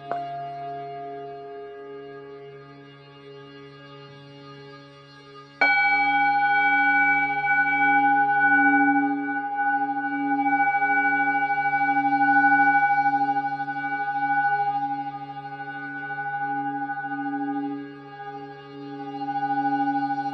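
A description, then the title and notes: Tibetan singing bowls ring in a sound bath, with a low, steady drone beneath. A first bowl tone fades over five seconds, then a fresh strike near 5.5 seconds brings a brighter, louder ring that sustains with a slow, wavering pulse to the end. Tibetan Sound Bathing.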